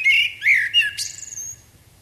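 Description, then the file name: Common blackbird giving a few mellow fluted notes, then a thin, drawn-out high whistle that fades away. "Turdus merula"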